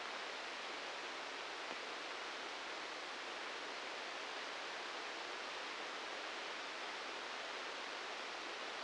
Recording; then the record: brain microelectrode recording played as sound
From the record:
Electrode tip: inside the subthalamic nucleus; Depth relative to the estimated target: 0 mm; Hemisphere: right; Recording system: NeuroSet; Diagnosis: Parkinson's disease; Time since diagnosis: 19 years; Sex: female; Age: 69 years